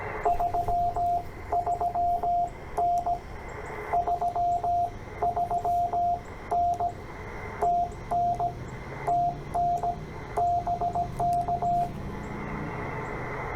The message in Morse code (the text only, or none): 33N 33N TN TN BK